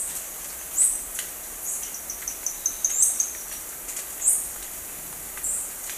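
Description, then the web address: Velvet-purple coronet calls: scattered sharp, very high chips and a short quick series of tiny ticks, over steady hiss. Ecuador. "Birds of Ecuador. Velvet-purple Coronet"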